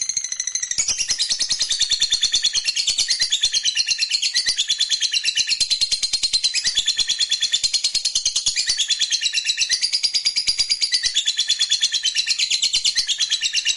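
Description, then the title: Lovebird giving a long ngekek trill, a fast continuous chatter of high buzzy pulses that runs unbroken for the whole stretch with only slight shifts in pitch. Fighter lovebird giving a long ngekek trill. "Begitu Dengar Suara Lovebird FIGHTER NGEKEK PANJANG"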